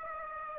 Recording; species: mosquito wingbeat signal from an infrared sensor; Aedes aegypti